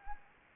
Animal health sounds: mosquito wingbeat signal from an infrared sensor; Anopheles gambiae

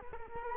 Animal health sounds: mosquito wingbeat signal from an infrared sensor; Culex quinquefasciatus

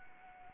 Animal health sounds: mosquito wingbeat signal from an infrared sensor; Anopheles arabiensis

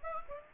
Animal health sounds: mosquito wingbeat signal from an infrared sensor; Aedes aegypti

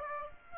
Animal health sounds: mosquito wingbeat signal from an infrared sensor; Aedes aegypti

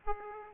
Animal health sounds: mosquito wingbeat signal from an infrared sensor; Aedes aegypti

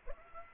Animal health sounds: mosquito wingbeat signal from an infrared sensor; Aedes aegypti

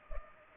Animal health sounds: mosquito wingbeat signal from an infrared sensor; Culex pipiens

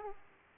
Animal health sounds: mosquito wingbeat signal from an infrared sensor; Aedes aegypti

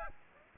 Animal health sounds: mosquito wingbeat signal from an infrared sensor; Aedes aegypti

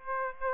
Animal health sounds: mosquito wingbeat signal from an infrared sensor; Aedes aegypti

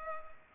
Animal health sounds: mosquito wingbeat signal from an infrared sensor; Culex pipiens

